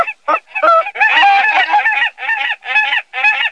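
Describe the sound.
Canada goose honking: a run of loud nasal honks, some short and some drawn out and overlapping.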